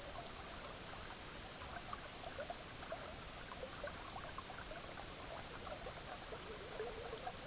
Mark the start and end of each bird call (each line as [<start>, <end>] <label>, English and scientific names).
[0.04, 0.39] Lapland Longspur (Calcarius lapponicus)
[6.11, 6.29] Lapland Longspur (Calcarius lapponicus)